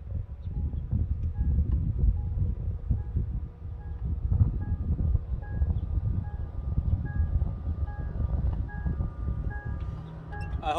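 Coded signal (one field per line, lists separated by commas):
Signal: alarm pattern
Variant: Ford Mustang Mach-E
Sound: soft short beeps about once a second, repeating steadily under loud rumbling noise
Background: wind and traffic rumble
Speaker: I hope this gives you an idea, how loud the backup alarm is.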